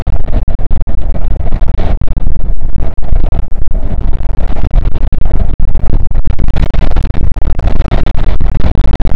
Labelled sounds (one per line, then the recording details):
wind
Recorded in the Arctic National Wildlife Refuge, Alaska, on 5 June 2019 at 00:01
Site 48